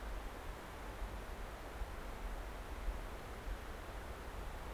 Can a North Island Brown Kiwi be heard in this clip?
no